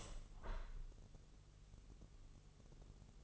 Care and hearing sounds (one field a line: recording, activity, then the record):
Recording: daily activity, microphone in the room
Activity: open window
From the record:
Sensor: 4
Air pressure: 1001.3 hPa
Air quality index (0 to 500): 170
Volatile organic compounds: 2 ppm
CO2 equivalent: 1216 ppm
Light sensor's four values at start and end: 12/29/12/12 and 13/29/12/13